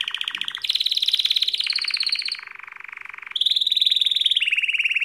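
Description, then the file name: Atlantic canary song: fast rolling trills at several pitches, with a lower softer buzzing passage in the middle, then loud high trills again. "Serinus canaria"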